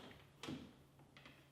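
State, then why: Seated. The lower plastic ice deck tray of a Samsung refrigerator icemaker is pushed up into place, giving a moderate snap at 0.4 s as it seats. Two lighter knocks follow at about 1.2 s and 1.3 s.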